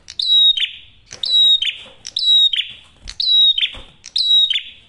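Prinia song: a bright, slightly buzzy whistled phrase, sharply falling at its end, repeated about once a second with short gaps of quiet between.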